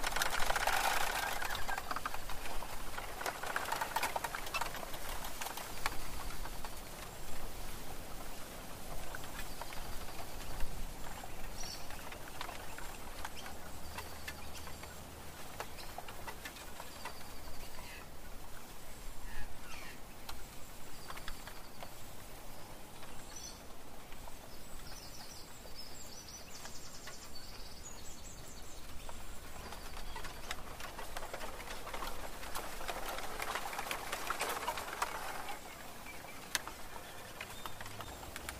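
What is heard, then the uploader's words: Bamboo forest ambience with a steady wash of rustling leaves, swelling gusts near the start and around 33 seconds, and faint birds. เสียงป่าไผ่ลู่ลมแสนสบาย. Bamboo forest Ambience.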